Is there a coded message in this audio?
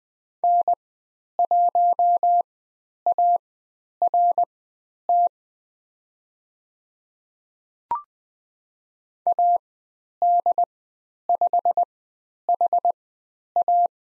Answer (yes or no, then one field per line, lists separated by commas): yes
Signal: Morse code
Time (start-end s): 0.4-13.9 s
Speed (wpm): 20 wpm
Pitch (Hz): 700 Hz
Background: none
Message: N1ART AD5HA